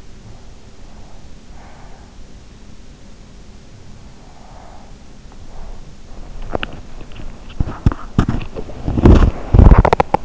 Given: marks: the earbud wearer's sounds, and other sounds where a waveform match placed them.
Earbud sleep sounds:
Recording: sounds in sleep by an in-ear microphone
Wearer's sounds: breath, teeth grinding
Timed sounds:
0.66-6.09 s: breath
6.39-7.26 s: teeth grinding
7.36-10.25 s: teeth grinding

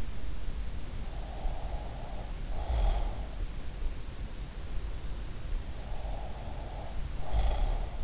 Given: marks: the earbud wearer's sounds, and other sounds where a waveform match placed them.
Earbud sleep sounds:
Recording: sounds in sleep by an in-ear microphone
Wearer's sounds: snoring breath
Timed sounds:
0.99-3.31 s: snoring breath
5.78-8.04 s: snoring breath

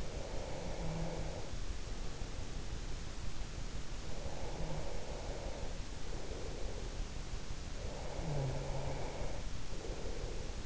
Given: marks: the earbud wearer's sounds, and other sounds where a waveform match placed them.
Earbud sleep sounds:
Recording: sounds in sleep by an in-ear microphone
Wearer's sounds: snoring breath, breath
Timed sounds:
0.00-2.97 s: snoring breath
4.17-7.08 s: breath
7.87-10.65 s: snoring breath

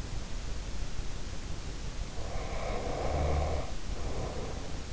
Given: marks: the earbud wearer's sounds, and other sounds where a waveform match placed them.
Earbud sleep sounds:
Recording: sounds in sleep by an in-ear microphone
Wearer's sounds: snoring breath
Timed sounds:
2.11-4.65 s: snoring breath

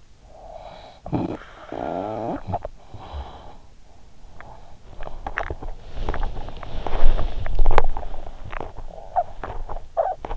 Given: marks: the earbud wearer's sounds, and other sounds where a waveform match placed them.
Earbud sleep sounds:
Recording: sounds in sleep by an in-ear microphone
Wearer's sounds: snoring breath, teeth grinding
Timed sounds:
0.00-4.22 s: snoring breath
4.22-10.37 s: teeth grinding

